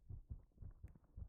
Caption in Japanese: 胸に顔をうずめていると、 私の鼓動が、 心臓の鼓動が、。 聞こえてきませんか？とくん、と くんと、脈 打つ鼓動。